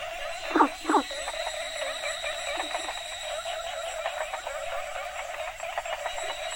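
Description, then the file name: Frogs croaking in a dense chorus, two loud rasping croaks near the start over steady droning trills and a continuous high insect-like hum. Several frog species calling together in Asia; chorus soundscape. "asian frogs variety"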